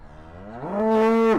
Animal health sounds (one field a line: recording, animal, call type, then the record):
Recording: contact call of a hoofed animal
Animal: cattle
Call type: low-frequency (closed-mouth) or high-frequency (open-mouth) call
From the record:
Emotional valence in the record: negative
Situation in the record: full separation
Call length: 1.39 s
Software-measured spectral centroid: 1420 Hz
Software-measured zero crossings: 960 a second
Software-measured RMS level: -22 dBFS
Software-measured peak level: -15 dBFS